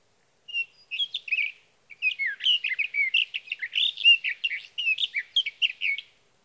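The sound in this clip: Sage thrasher song: brief opening phrases, a short gap, then a steady stream of fast, varied warbled and slurred notes lasting around four seconds.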